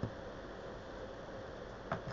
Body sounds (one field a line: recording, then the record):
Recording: background sound without coughing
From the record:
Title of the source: wind